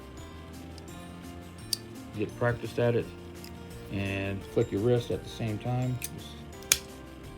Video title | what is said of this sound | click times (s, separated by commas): Unboxing of Survival Gear 17 in 1 Kit | It'll pop into place. | 6.7 s